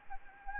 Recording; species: mosquito wingbeat signal from an infrared sensor; Anopheles gambiae